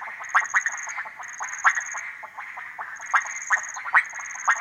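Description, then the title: Frog chorus of rapid, rasping croaks repeated in uneven bursts, overlaid by a high pulsed insect buzz that starts and stops. Frogs gathered at small ponds and puddles in humid Harenna Forest cloud forest, calling day and night; overcast, hot, muggy afternoon; 23 September 2018; recorded on Sony PCM D100. "180923 Harenna Forest - Frogs At Pond"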